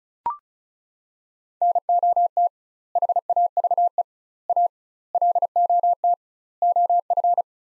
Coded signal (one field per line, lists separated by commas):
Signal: Morse code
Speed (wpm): 36 wpm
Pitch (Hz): 700 Hz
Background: none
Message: NOT HAVE A LOT OF